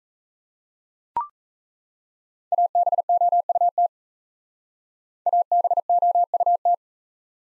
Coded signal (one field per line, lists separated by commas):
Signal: Morse code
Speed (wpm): 35 wpm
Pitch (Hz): 700 Hz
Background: none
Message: ABOUT ABOUT